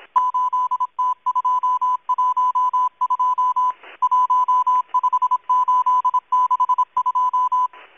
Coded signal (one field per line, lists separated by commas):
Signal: Morse code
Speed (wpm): 26 wpm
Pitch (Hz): 1000 Hz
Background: none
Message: 8T212 15862